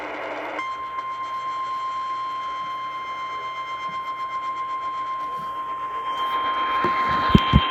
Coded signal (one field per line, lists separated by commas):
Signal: Emergency Alert System (SAME) tones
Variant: 1050 Hz attention tone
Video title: Part 1 of the flooding Madness EAS#228-245 8/12/20-8/14/20